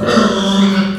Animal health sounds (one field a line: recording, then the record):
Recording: squeal of a Yucatan mini pig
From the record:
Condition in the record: after surgery on the right vocal fold (resection and tissue-engineered implant)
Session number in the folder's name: 16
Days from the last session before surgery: 183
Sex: female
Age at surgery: 19 weeks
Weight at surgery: 25 kg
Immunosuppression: prednisolone